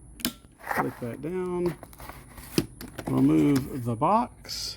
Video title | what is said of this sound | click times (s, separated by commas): How to change Wiper Blades with Amazon's Cheapest | once it's in place like that, click | 0.2 s